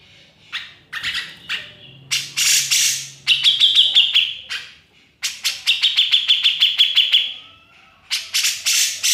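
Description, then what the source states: Grey-cheeked bulbul song: harsh buzzy bursts leading into fast runs of sharp repeated notes, in phrases separated by brief pauses. Masteran training recording, used for tutoring songbirds.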